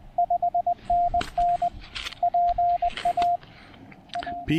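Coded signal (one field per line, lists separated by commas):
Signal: Morse code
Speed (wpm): 20 wpm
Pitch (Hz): 690 Hz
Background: radio noise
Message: 5NN PA A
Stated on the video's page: POTA activation pile-ups on 20 meters using a Penntek TR-35 transceiver and a Chelegance MC-750 antenna.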